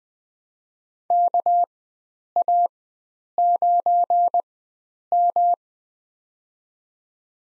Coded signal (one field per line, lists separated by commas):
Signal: Morse code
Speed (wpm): 20 wpm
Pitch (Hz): 700 Hz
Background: none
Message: KA9M